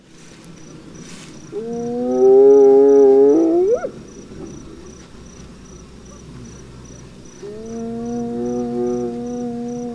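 Hyena calls: two long, low, steady hoots with rich overtones, the first bending sharply upward at its end.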